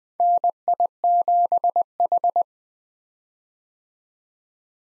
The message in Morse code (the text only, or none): NI7H